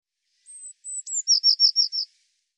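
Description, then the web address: Eurasian blue tit call: two thin, very high whistled notes, a quick downslur, then about five fast scolding churr notes, clean with no other sounds. "cianscape birddata Deverinetal 2025 File cleaned normalized Bird Cy Ca"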